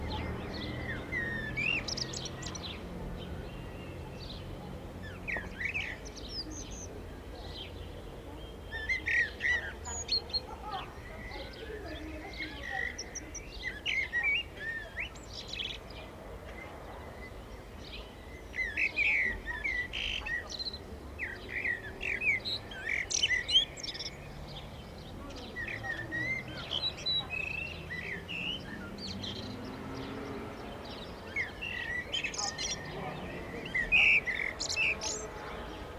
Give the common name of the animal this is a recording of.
Common Blackbird